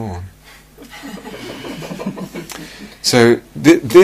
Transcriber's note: laughter